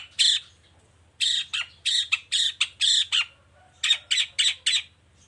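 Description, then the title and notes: Long-tailed shrike giving loud harsh squawking notes in clustered bursts, separated by short silences, over a low steady hum. Morning song with varied 'toet toet' notes, used as a lure to provoke other shrikes into answering and singing along. "Cendet Gacor Dor Di Kala Pagi Toet Toet Variasi Suara. Pancingan Emosi Cendet Gacor Full Variasi Toet Toet Bikin Nyaut Cendet Lain Langsung Ikutan Bunyi. Burung cendet"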